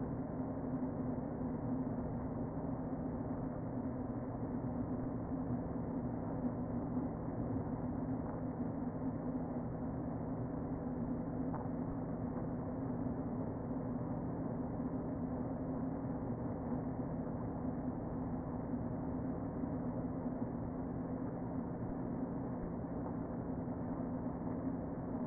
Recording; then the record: honeybee colony, microphone inside the hive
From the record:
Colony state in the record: queen present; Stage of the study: before two queens were removed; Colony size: about 60,000 bees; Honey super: yes